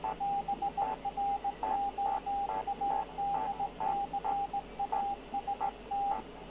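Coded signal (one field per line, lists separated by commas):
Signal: Morse code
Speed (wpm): 17 wpm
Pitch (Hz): 800 Hz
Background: radio noise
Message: BROADCAST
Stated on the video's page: Special Morse broadcast by German maritime weather station on longwave 147.3 kHz, 20 kW transmitter, Titanic memorial, normally RTTY weather teletype.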